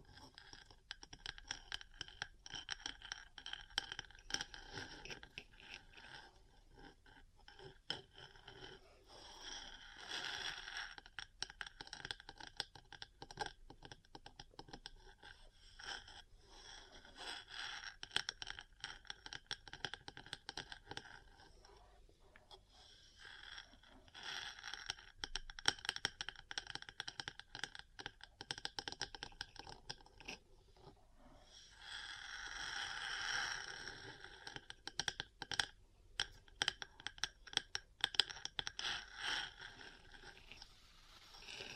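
Metal parts tapping and scratching in dense, irregular clusters of quick clicks, like fast typing. Brighter scraping swells stand out around 10, 25 and 33 seconds, with a brief quieter stretch near 21 seconds and uneven loudness throughout.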